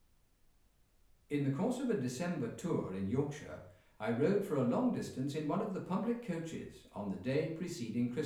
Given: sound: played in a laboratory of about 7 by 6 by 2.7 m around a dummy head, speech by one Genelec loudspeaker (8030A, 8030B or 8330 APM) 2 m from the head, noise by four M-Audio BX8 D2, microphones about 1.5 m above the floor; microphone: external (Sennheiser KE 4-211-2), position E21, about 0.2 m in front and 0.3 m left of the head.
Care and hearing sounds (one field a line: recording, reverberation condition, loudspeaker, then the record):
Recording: male speech in English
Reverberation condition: medium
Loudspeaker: 90 degrees to the right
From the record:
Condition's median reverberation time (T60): about 510 ms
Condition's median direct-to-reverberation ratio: about -0.5 dB